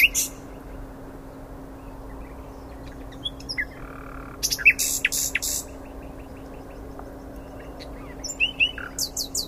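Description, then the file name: Common nightingale song in scattered bursts: short sharp clicks, dry rattles and brief high notes separated by pauses, over a steady low hum. "Luscinia megarhynchos"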